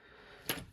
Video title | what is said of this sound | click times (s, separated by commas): "Markarth" Manix 2 - Flytanium + LynchNW - K.U.S. Ep. 13 | We got a satisfying click. | 0.5 s